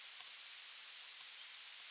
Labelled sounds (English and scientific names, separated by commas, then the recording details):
Yellowhammer (Emberiza citrinella) song
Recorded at under 5 m from the bird
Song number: 049